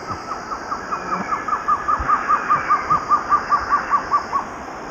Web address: Natures Songs S America Eastern Lowlands Trogon curucui, song